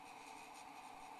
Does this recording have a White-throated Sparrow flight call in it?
no